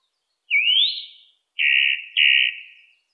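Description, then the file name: Song thrush song: a rising whistled note, then a buzzy phrase given twice in quick succession. "suara-kicauan-burung-song-thrush -omkicau"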